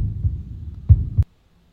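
Low muffled thumping over a soft low hum, ending in one clear lub-dub pair before a sharp click cuts it off. These are normal heart sounds heard through a stethoscope, the ordinary two-part beat of a healthy heart.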